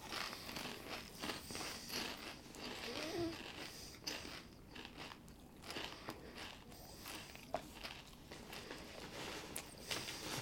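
Chips being eaten: a steady run of crisp crunches and crackles fills the whole ten seconds, dense and irregular. Short sharp snaps stand out now and then, one louder near the middle, over a low rustling bed throughout.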